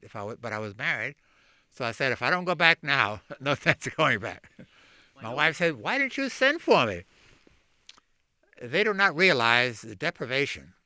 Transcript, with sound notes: But I was married, so I said, "If I don't go back now, no sense in going back." ( he laughs ) My wife said, "Why didn't you send for me?" They do not realize the deprivation,